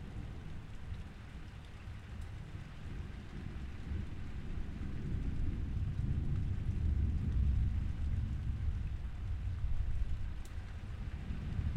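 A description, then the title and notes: A thunderstorm with steady rain hissing across the whole clip and a deep, low rumble of thunder swelling from about four seconds and peaking near seven to eight seconds. The rumble eases slightly toward the end, with a couple of faint sharp ticks. A soundscape of thunderstorm recordings.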